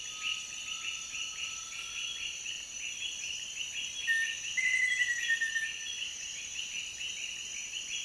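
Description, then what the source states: Frog chorus of dense, pulsing trills with a steady high hum, and a few clear whistled notes briefly standing out midway. Frog chorus in Peru.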